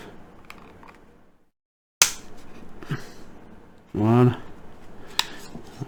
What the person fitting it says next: Là on a entendu le clac. Et voilà.